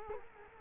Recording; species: mosquito wingbeat signal from an infrared sensor; Culex quinquefasciatus